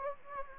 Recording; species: mosquito wingbeat signal from an infrared sensor; Anopheles gambiae